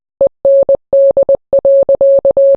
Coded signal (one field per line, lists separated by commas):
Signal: Morse code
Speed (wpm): 20 wpm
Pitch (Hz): 550 Hz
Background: none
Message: END.